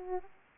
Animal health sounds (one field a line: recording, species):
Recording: mosquito wingbeat signal from an infrared sensor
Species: Aedes aegypti